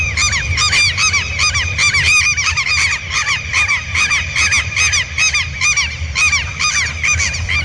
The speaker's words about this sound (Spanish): Característico de los teros.